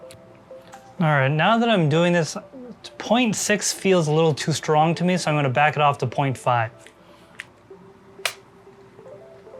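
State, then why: Torque reached. A torque screwdriver set to about 0.5 Nm tightens a water-cooling block mounting screw onto a motherboard while someone talks. After the talking stops, a sharp click at 8.3 s signals that the set torque was reached.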